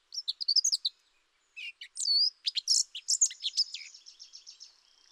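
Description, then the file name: Eurasian blackcap song, a rapid run of high, varied warbled notes, a brief pause, then a louder, more varied chattering phrase fading out. "Sylvia atricapilla"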